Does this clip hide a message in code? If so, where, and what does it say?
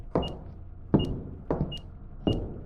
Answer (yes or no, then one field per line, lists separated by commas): no